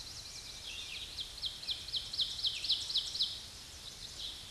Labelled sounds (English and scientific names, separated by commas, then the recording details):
Ovenbird (Seiurus aurocapilla) song
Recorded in a Pennsylvania forest on 16 May 2024 at 07:34
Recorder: AudioMoth, point MSD-2456
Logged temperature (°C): 16.4 °C
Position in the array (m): 212 m, 129 m